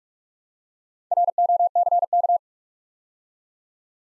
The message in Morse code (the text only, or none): ROCK